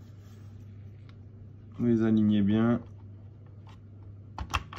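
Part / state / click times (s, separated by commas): gauge needle onto instrument cluster spindle / seated / 4.5 s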